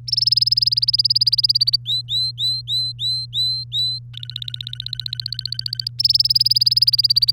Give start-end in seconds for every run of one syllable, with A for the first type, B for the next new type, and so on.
0.07-1.76 A, 1.85-3.99 B, 4.13-5.88 C, 5.99-7.31 A